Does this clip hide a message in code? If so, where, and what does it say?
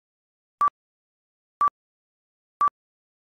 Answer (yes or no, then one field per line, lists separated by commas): no